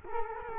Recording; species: mosquito wingbeat signal from an infrared sensor; Culex quinquefasciatus